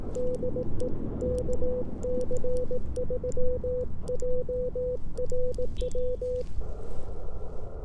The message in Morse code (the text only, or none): DE KC3JRW